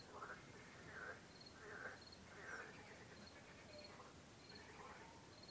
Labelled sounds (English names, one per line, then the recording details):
crickets
Spotted Flycatcher
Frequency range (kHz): Spotted Flycatcher 5.4-8.3 kHz
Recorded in France